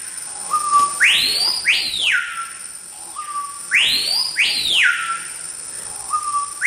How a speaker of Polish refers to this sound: Dzwonnik biały zdeklasował dotychczasowego rekordzistę w głośnym śpiewie.